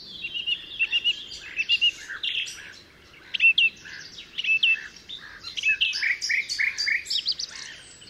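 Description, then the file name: Common nightingale song, a rich run of varied whistles, chirps and rapid trills mostly high-pitched, with brief pauses between phrases. Altmühlsee, Germany, 27 April 2014. "Nachtigall. Altmuehlsee. Susanne Rieck"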